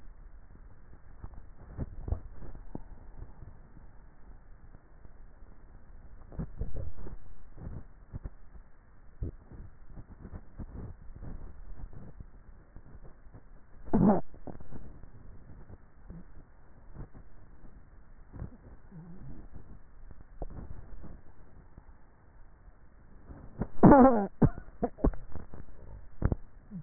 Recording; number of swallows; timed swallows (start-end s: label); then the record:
swallowing sounds by neck microphone; 4
1.52-2.62 s: swallow
5.92-7.25 s: swallow
11.15-11.92 s: swallow
20.45-21.25 s: swallow
From the record:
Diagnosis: dysphagia